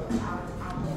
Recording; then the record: background sound without coughing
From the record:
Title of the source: 60 minutes of coffee shop sounds for study and concentration